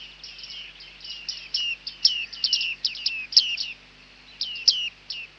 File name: Bearded Tit (Panurus biarmicus)